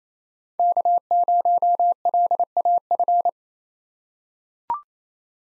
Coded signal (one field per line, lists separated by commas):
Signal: Morse code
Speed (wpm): 29 wpm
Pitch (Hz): 700 Hz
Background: none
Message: K0LAF